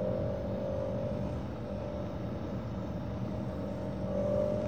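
A car engine drones steadily while driving, a low continuous rumble with a faint tonal hum that holds even and loud throughout, with no voices.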